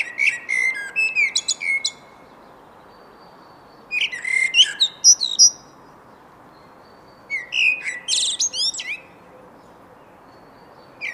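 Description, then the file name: Eurasian blackbird singing three separate phrases, each a low mellow whistle dissolving into a high squeaky twitter, spaced by quiet pauses of about two seconds, with the start of a fourth phrase at the end. "Turdus merula"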